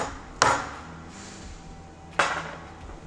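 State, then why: Not seated. A metal pump cartridge is tapped down into a hydraulic well pump housing with a tool, giving two sharp knocks at 0.4 s and 2.2 s. Nothing has seated yet: a screwdriver still fits in the gap, and the nipple is not in its hole.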